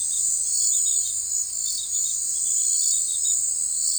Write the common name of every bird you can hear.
none